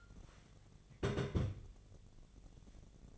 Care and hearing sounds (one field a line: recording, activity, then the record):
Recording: daily activity, microphone in the room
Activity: place on stove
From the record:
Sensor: 4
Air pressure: 1000.8 hPa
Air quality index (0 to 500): 126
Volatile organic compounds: 1 ppm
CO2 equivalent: 949 ppm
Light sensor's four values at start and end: 37/91/38/42 and 38/93/39/43